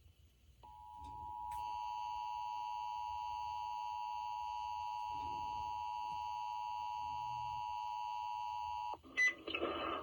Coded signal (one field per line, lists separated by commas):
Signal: Emergency Alert System (SAME) tones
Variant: 853 and 960 Hz attention tone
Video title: CAE On 90.7 FM Milwaukee, WI (EAS #83)